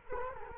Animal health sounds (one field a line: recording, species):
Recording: mosquito wingbeat signal from an infrared sensor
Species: Culex quinquefasciatus